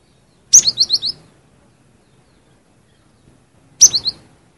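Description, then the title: Cinereous tit: two similar phrases about three seconds apart, each a bright high note followed by several quick downslurred notes. "suara burung gelatik winko"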